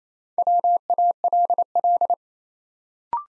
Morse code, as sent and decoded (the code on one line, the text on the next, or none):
.-- .- .-.. .-..
WALL